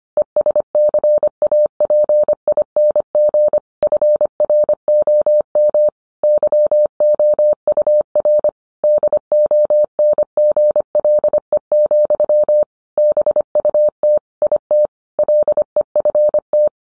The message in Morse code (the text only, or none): ESCAPING FROM YOUR DONGLE, BUT IT LEFT